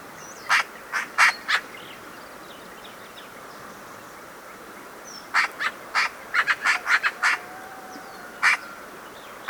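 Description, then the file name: Eurasian magpie chatter: a few harsh notes, a pause, then a quick burst of rasping calls and a couple of later notes. "Pica pica"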